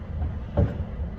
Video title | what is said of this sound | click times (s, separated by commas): Top Tip Tuesday - Coupling and Cleaning | Little clunk of the fifth wheel hitting the trailer. | 0.6 s